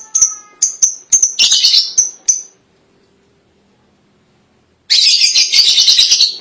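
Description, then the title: Lovebird chatter: a run of short shrill chirps and a brief harsh burst, a pause of silence, then a loud grating screech. "BM Suara Burung Lovebird"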